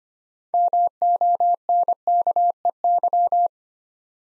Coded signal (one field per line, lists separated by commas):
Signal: Morse code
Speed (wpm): 25 wpm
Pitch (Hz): 700 Hz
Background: none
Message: MONKEY